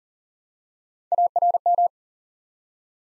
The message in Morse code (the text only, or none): ARM